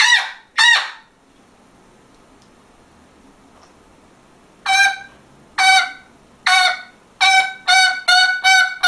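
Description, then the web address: Parrot squawks: two harsh notes, a quiet pause of several seconds, then a quickening burst of loud grating calls. "попугай"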